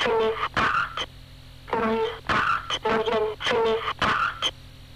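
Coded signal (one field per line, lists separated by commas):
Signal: numbers station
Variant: G02 Swedish Rhapsody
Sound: a synthetic-sounding voice reading short words at a steady, even rhythm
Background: faint radio hiss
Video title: G02 Swedish Rhapsody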